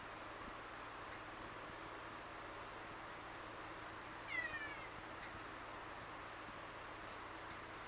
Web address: kea